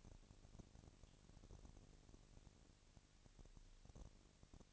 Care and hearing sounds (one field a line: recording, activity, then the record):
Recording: daily activity, microphone in the room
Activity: no activity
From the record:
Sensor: 4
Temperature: 22.5 degrees Celsius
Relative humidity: 33.4%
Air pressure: 999.7 hPa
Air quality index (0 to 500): 230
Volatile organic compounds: 20 ppm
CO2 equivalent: 2703 ppm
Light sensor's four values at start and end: 2/3/1/1 and 2/3/1/1